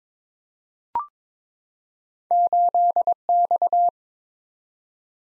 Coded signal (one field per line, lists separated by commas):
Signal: Morse code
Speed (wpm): 22 wpm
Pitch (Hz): 700 Hz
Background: none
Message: 8X